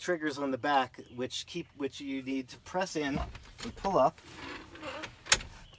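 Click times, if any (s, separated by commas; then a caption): 5.3 s. Someone talks while pressing in the triggers on the back of the two hinges of a fold-up table in a camper van and pulling the table top up. A sharp, fast-decaying click at 5.3 s marks the hinges locking into place.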